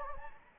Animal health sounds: mosquito wingbeat signal from an infrared sensor; Anopheles gambiae

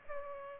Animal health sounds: mosquito wingbeat signal from an infrared sensor; Aedes aegypti

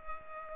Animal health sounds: mosquito wingbeat signal from an infrared sensor; Culex pipiens

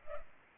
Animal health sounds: mosquito wingbeat signal from an infrared sensor; Culex pipiens

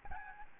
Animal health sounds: mosquito wingbeat signal from an infrared sensor; Aedes albopictus

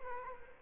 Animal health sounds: mosquito wingbeat signal from an infrared sensor; Culex quinquefasciatus

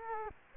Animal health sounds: mosquito wingbeat signal from an infrared sensor; Culex quinquefasciatus

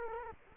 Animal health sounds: mosquito wingbeat signal from an infrared sensor; Culex quinquefasciatus

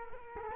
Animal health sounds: mosquito wingbeat signal from an infrared sensor; Culex quinquefasciatus

